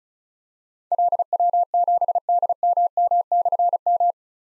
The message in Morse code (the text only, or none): LW7DMM/M